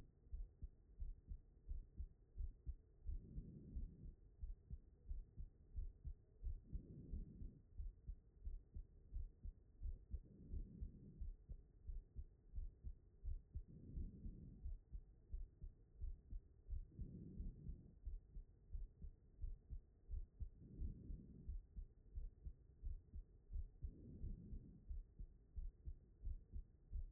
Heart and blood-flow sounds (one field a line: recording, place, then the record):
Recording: heart sounds by stethoscope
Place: pulmonary valve (PV)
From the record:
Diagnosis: non-HFrEF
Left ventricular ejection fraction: 72%